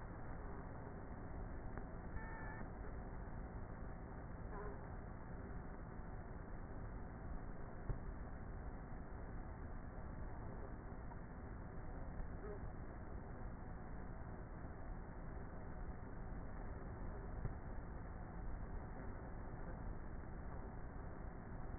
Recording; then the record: honeybee colony, microphone inside the hive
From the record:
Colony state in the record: queenless with a low population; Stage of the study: before two queens were removed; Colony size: about 30,000 bees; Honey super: no